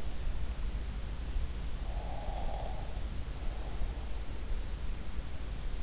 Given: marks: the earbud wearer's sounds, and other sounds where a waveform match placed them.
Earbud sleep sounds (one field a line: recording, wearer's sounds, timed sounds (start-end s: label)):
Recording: sounds in sleep by an in-ear microphone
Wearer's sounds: breath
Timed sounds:
1.84-4.08 s: breath